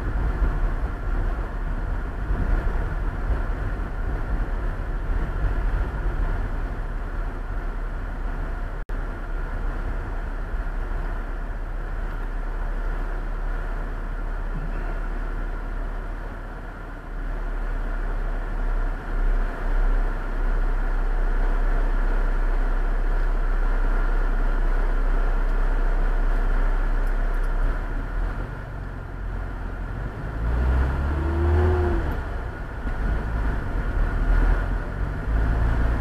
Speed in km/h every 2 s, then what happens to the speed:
40, 37, 33, 27, 20, 16, 9, 0, 0, 0, 0, 0, 0, 0, 0, 13, 20, 23.
0-14 slows to 0. 14-28 standing. 28-36 pulls away to 23.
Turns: none.